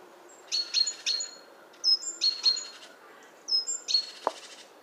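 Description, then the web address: Great tit calls: short sharp high notes in pairs or triplets, in three bursts, with one brief click near the end. "SETE Parus major"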